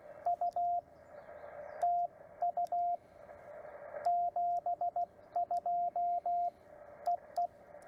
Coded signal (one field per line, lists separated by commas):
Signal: Morse code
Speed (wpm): 16 wpm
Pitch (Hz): 700 Hz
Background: radio noise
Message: U TU 72 EE